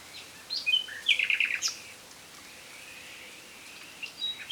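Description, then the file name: Common nightingale singing a short, high phrase of quick repeated notes, then a pause before a few more high notes. "Luscinia megarhynchos"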